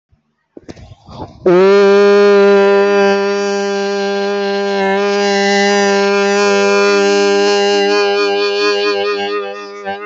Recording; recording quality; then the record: sustained vowel as in boot; excellent, no background noise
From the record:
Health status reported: healthy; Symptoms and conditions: none ticked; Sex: male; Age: 24 years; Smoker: not ticked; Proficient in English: yes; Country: India